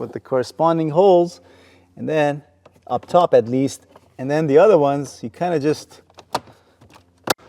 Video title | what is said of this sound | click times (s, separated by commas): Hyundai and Kia Steering Wheel Clunk Fix | wiggle until you find it, and it will just snap into place on its own. | 6.4 s, 7.3 s